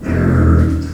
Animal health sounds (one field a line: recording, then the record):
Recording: squeal of a Yucatan mini pig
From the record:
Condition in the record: after surgery on the right vocal fold (resection and tissue-engineered implant)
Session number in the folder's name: 7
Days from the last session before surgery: 47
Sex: female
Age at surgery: 19 weeks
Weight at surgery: 25 kg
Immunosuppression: prednisolone